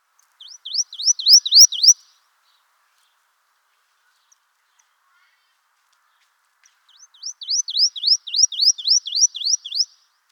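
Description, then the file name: Marsh tit giving two bursts of rapid, high upslurred notes, a shorter run then a longer one, separated by a few seconds of silence. "Poecile palustris"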